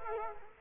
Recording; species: mosquito wingbeat signal from an infrared sensor; Culex quinquefasciatus